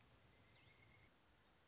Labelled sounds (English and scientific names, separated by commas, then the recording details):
Pileated Woodpecker (Dryocopus pileatus)
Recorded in Sonoma County, California